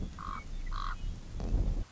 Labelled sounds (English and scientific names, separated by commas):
Common Raven (Corvus corax)